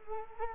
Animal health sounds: mosquito wingbeat signal from an infrared sensor; Culex quinquefasciatus

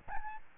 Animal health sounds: mosquito wingbeat signal from an infrared sensor; Aedes albopictus

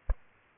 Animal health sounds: mosquito wingbeat signal from an infrared sensor; Aedes aegypti

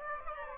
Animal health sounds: mosquito wingbeat signal from an infrared sensor; Aedes aegypti

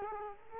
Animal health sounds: mosquito wingbeat signal from an infrared sensor; Culex quinquefasciatus

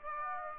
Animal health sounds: mosquito wingbeat signal from an infrared sensor; Aedes aegypti

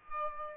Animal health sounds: mosquito wingbeat signal from an infrared sensor; Aedes albopictus

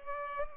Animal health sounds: mosquito wingbeat signal from an infrared sensor; Culex pipiens

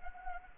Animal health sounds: mosquito wingbeat signal from an infrared sensor; Anopheles arabiensis

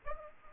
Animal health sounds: mosquito wingbeat signal from an infrared sensor; Aedes aegypti

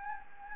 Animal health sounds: mosquito wingbeat signal from an infrared sensor; Anopheles gambiae

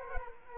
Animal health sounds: mosquito wingbeat signal from an infrared sensor; Culex quinquefasciatus

